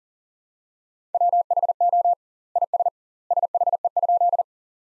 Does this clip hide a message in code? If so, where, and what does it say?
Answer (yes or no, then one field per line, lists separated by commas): yes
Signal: Morse code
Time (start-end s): 1.1-4.4 s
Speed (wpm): 40 wpm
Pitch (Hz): 700 Hz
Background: none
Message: WHO IS SHE?